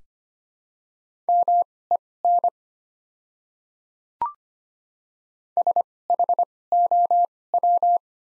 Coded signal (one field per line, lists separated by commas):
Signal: Morse code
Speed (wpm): 25 wpm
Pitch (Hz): 700 Hz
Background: none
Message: MEN SHOW